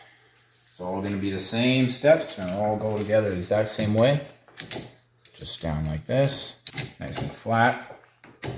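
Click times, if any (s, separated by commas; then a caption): none. Someone talks while a new windshield wiper blade is handled and guided onto the hook of the wiper arm. A few brief, soft handling knocks come near the end, around 8.0, 8.2 and 8.4 seconds. The blade has not snapped into place yet.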